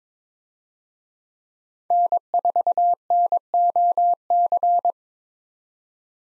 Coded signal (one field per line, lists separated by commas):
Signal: Morse code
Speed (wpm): 22 wpm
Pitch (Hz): 700 Hz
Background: none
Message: N4NOC